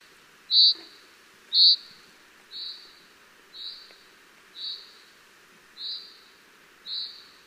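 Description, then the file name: Common chaffinch call: seven brief high whistled notes, roughly one per second, the first two loudest and the rest softer, with faint background hiss. "Fringilla coelebs"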